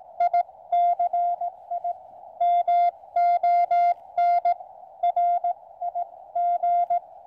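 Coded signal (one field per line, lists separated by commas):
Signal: Morse code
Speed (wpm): 18 wpm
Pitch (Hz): 700 Hz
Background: none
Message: ICI MON RIG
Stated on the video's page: Small portable Morse radio used for camp radio on the 80 meter band.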